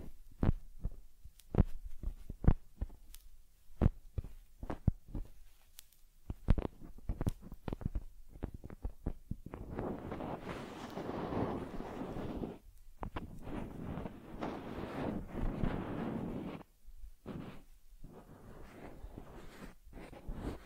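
Caring for a teddy bear: for the first ten seconds, sharp taps and soft thumps land at an uneven pace. Then a dense, scratchy rustle of rubbing or combing takes over, broken by brief pauses, before scattered taps return near the end.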